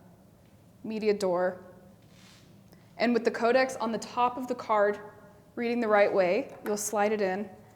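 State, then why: Not seated. A recording media card, with the Codex label on top reading the right way, is handled at the open media door of an Arri camera, ready to be slid into the media bay. Someone talks in three bursts separated by quiet gaps, with only faint soft ticks near 2.7 s and at the very end. The card has not seated or clicked yet.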